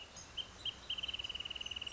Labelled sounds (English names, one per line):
Wrentit